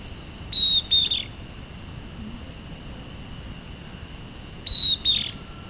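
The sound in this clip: Bird call, a high thin whistled phrase followed by a short buzzy note, given twice about four seconds apart against a quiet low hiss.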